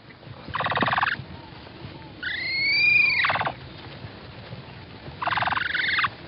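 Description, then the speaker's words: Capybara calls: a buzzy, pulsed burst, then a long squealing whistle that rises and bends down, then another rapid buzzy burst. Played as a quiz example of what a capybara sounds like. "Here's what a capybara sounds like to help you decide."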